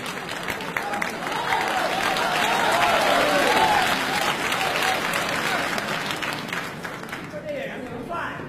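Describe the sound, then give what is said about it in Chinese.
An audience breaks into steady, dense applause welcoming a contestant of the Beijing TV crosstalk and sketch competition, keeping going for several seconds, with a few raised voices and whoops mixed in before the clapping thins slightly at the end. “那接下来我们掌声有请我们的参赛选手，”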